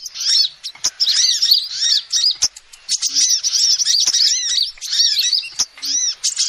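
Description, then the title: Lovebird calls: high squeaky chirps in quick runs, pausing now and then, with sharp ticks mixed in. Used as a lure call to trap lovebirds. "PIKAT BURUNG LOVEBIRD"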